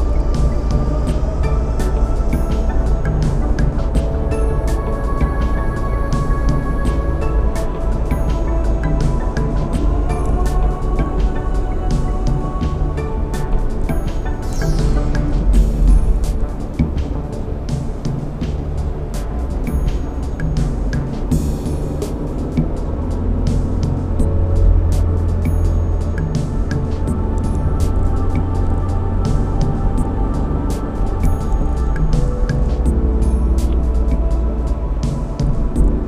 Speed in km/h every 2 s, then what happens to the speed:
48, 48, 48, 47, 45, 40, 31, 24, 23, 23, 26, 29, 29, 29, 31, 34, 31, 27.
0-9 steady at about 48. 9-16 slows to 23. 16-29 speeds up to 34.